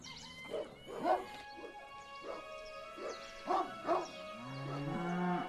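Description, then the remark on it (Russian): A farmyard scene with cows and horses: a run of sharp, repeated dog barks comes first, then a long, low cow moo swells and rises at the end, with no talking. “Воистину смешались вместе люди, кони и коровы.”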